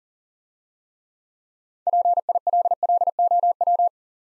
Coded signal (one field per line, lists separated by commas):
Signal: Morse code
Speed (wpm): 45 wpm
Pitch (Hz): 700 Hz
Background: none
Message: PILLOW